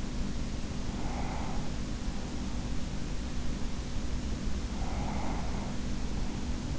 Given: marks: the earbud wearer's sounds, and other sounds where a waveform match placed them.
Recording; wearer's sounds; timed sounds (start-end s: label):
sounds in sleep by an in-ear microphone; breath
0.64-2.74 s: breath
4.39-6.78 s: breath